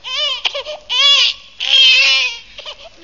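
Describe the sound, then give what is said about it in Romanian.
A newborn baby cries and babbles in three high-pitched, wavering bursts, each loud and strained with brief breaths between, with no adult voices over it. “Dați-mi, vă rog, pruncul.”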